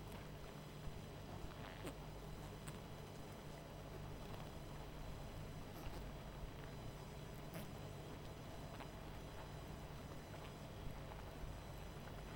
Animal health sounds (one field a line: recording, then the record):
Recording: honeybee colony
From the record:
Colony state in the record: missing queen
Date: 14 July 2017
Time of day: 20:37